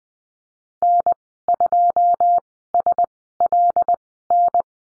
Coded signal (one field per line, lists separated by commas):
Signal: Morse code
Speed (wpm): 20 wpm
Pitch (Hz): 700 Hz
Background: none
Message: N2SLN